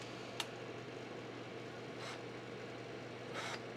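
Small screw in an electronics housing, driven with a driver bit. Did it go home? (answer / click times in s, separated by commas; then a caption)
no / 0.4 s. A powered driver bit slips in a small screw in an electronics housing, giving a sharp click at 0.4 s, with fainter scraping bursts around 2.0 s and 3.4 s over a steady low hum. The screw head is completely stripped, possibly because the bit is too big.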